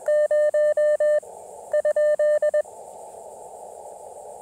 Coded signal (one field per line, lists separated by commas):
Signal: Morse code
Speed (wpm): 20 wpm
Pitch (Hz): 600 Hz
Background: none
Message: 0?